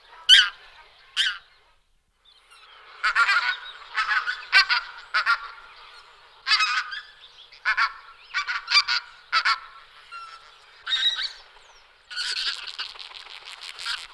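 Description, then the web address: Pink-footed goose calls: loud nasal honks given in separated bursts, running together toward the end. "All the bird songs of Britain and Europe - Jean-Claude Roche. Anser brachyrhynchus"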